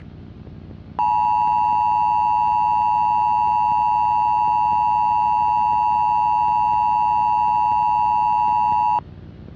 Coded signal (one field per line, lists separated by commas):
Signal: Emergency Alert System (SAME) tones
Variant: 853 and 960 Hz attention tone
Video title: EAS scenario | deleted